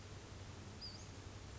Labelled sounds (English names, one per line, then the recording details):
Western Flycatcher
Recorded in Sonoma County, California